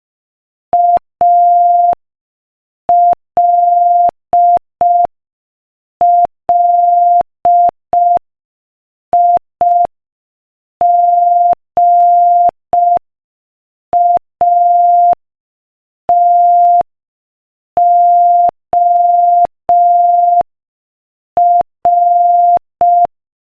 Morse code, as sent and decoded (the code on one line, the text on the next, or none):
.- .-.. .-.. .. --. .- - --- .-.
ALLIGATOR